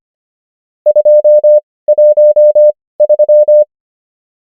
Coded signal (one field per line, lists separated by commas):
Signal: Morse code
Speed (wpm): 25 wpm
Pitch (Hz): 600 Hz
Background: none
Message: 213